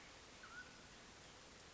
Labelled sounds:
Mountain Quail
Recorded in Sonoma County, California

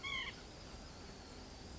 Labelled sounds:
White-breasted Nuthatch
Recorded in Sonoma County, California

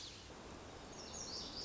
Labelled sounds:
Lazuli Bunting
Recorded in Sonoma County, California

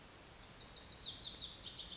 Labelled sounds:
Lazuli Bunting
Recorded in Sonoma County, California

